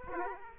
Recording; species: mosquito wingbeat signal from an infrared sensor; Aedes aegypti